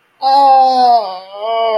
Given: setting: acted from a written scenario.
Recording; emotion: vocal sound without words; pain